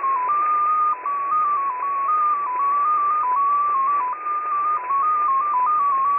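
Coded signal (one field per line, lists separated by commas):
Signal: multi-tone FSK (Olivia or MFSK type)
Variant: XPA2, 14-tone MFSK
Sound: a single steady tone hopping between a few nearby pitches, several steps per second, over hiss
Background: radio static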